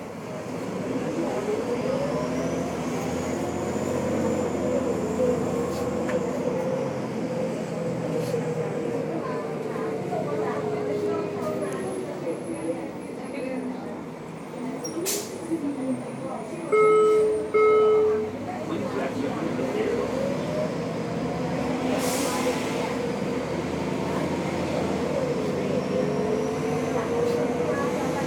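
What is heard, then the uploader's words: Inside a city bus on the move, the engine hums low and steady while its whine rises and falls as the bus speeds up and slows. Voices murmur throughout, a short electronic chime sounds near the middle, and brief hisses burst out around fifteen and twenty-two seconds. Bus trip from 18th/Folsom to 11th/Folsom at Vox.io SF HQ by David Noël.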